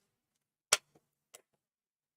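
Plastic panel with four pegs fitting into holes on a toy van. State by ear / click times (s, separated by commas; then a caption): seated / 0.7 s. A plastic panel on a NECA turtle van toy is pressed down so its four pegs go into four hidden holes. It seats with a firm, sharp snap at 0.7 s, followed by a softer click around 1.4 s.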